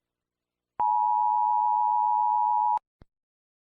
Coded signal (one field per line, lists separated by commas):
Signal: Emergency Alert System (SAME) tones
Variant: 853 and 960 Hz attention tone